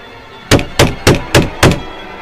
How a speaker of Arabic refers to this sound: قطع تفكيري، باب الشقة هو بيخبط بالعنف ده.